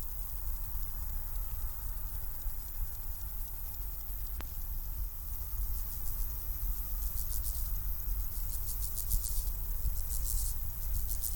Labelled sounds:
Steppe Grasshopper (Chorthippus dorsatus) stridulation
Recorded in the wild
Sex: male
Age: imago
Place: Botanische Anlage Blankenfelde, Berlin, DE
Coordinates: 52.603, 13.4
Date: 1996-08-24 14:10
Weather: sonnig, 24°C
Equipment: Sony MD-WM MZ-R3, Sennheiser MKH 416 T, Kopie Uher 4000 Report Monitor
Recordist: Tembrock, Günter
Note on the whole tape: Zwei Männchen: vorderes kleiner, dann das größere aufgenommen (sehr gut), in Sonne

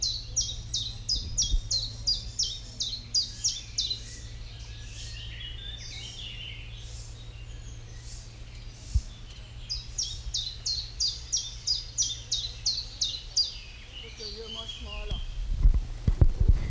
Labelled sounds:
Common Chiffchaff (Phylloscopus collybita)
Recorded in the wild
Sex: male
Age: adult
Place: Kremmen, Brandenburg, DE
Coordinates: 52.76, 13.03
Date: 1995-06-03 15:14
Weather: heiter, 18-20°C
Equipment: Marantz CP 430, Sennheiser ME 80, Kopie Uher 4000 Report Monitor
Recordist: Tembrock, Günter

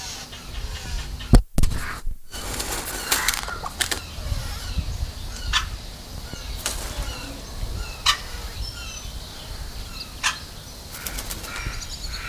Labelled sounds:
Crested Oropendola (Psarocolius decumanus)
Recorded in captivity
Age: adult
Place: Zoo Berlin, Berlin, DE
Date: 2000-08-29 10:48
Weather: fair, 21°C
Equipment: Nagra SN, Kopie Uher 4000 Report Monitor
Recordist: Tembrock, Günter

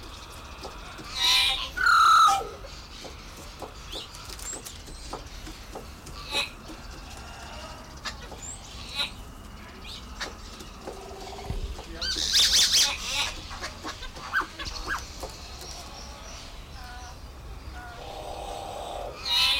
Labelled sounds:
White-crested Laughingthrush (Garrulax leucolophus) call
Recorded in captivity
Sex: pair
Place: Zoo Halle, Sachsen-Anhalt, DE
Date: 1996-03-08 16:42
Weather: sonnig, 3°C
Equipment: Sony WM-D6C, Sennheiser ME 80, Kopie Uher 4000 Report Monitor
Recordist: Tembrock, Günter

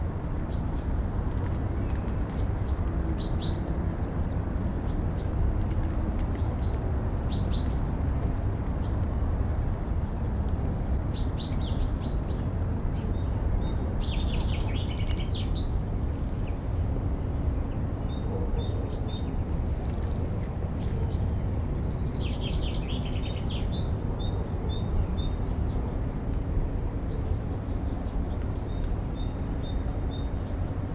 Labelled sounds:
Common Chaffinch (Fringilla coelebs)
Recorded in the wild
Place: IT
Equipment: Uher 4000
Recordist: Tretzel, Erwin

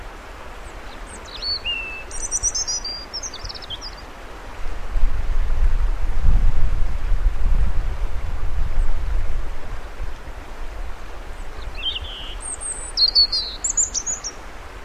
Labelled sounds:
European Robin (Erithacus rubecula) song
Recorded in the wild
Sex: male
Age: adult
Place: Birken-Honigsessen, Westerwald, Rheinland-Pfalz, DE
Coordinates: 50.8192, 7.76194
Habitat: mixed forest
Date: 1992-03-18 15:09
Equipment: Aiwa HD-S1, Sennheiser ME 80, 1:1 Kopie
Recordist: Frommolt, Karl-Heinz

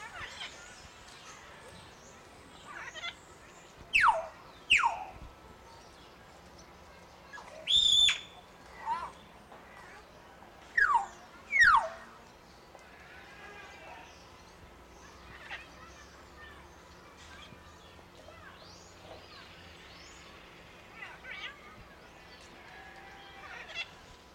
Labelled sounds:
Common Hill Myna (Gracula religiosa)
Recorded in captivity
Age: adult
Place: Zoo Berlin, Berlin, DE
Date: 1992-08-22 12:00
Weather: heiter, 17-20°C
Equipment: Marantz CP 430, Sennheiser ME 80, Kopie Tesla B 116
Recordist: Tembrock, Günter

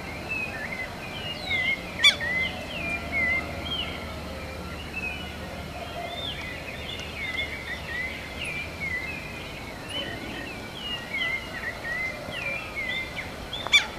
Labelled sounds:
Southern Lapwing (Vanellus chilensis) call
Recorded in the wild
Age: adult
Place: Pirenopolis, Goias, BR
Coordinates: -15.8447, -48.9583
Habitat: savannah
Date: 2013-09-10
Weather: 20°C,sunny, weak wind
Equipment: Olympus LS-3, Olympus ME31
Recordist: Frommolt, Karl-Heinz

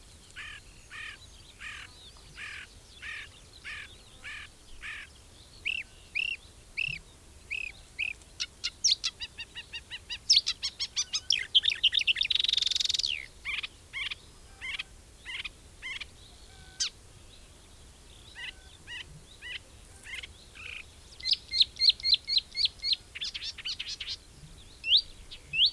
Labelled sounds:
Marsh Warbler (Acrocephalus palustris) song
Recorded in the wild
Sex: male
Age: adult
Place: Langensendelbach, Bayern, DE
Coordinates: 49.6453, 11.0794
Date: 1964-06-13
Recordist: Tretzel, Erwin

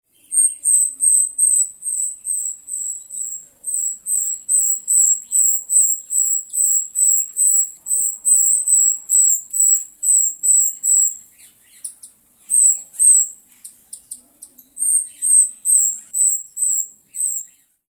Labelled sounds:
Grosbeak Starling (Scissirostrum dubium)
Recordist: Tembrock, Günter
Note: Bettellaute eines flüggen Jungvogels

